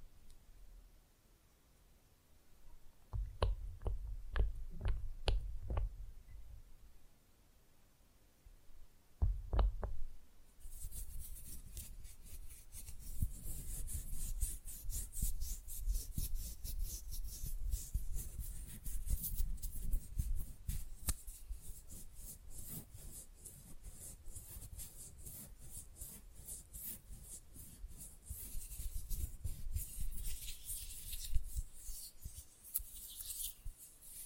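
A few sharp taps near five and nine seconds, then fast, rough nail filing rasps steadily and densely through the rest with bright scratchy strokes.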